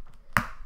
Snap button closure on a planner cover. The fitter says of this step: It's a, you can hear that, it's a snap, so it's very satisfying snap sound.